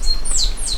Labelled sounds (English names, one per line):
Stitchbird song